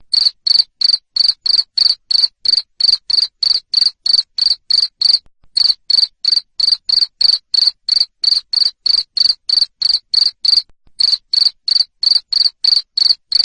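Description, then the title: Cricket's chirping: a long, regular string of piercing high pulses at about three per second, briefly paused twice. Loud cricket chirping used to make lovebirds keep singing (ngekek). "Suara JANGKRIK NGERIK Keras Bikin LOVEBIRD Jadi NGEKEK Terus"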